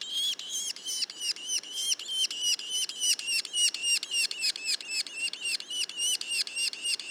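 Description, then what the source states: Yellow-bellied sapsucker juvenile calls, a rapid rhythmic stream of rasping downslurred notes, about three or four each second, without a pause. Juveniles; Mont-Orford National Park, Quebec.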